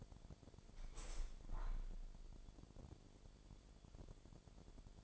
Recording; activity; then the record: daily activity, microphone in the room; open window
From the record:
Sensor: 5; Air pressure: 1006.6 hPa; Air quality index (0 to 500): 196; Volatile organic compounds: 6 ppm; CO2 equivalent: 1862 ppm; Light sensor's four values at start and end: 57/161/63/63 and 57/161/63/64